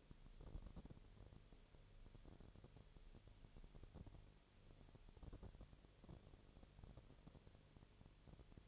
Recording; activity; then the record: daily activity, microphone in the room; no activity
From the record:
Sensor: 4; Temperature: 22.4 degrees Celsius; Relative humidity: 31.2%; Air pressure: 1004.1 hPa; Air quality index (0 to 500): 85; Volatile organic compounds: 1 ppm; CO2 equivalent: 767 ppm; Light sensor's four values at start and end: 2/3/1/1 and 2/3/1/1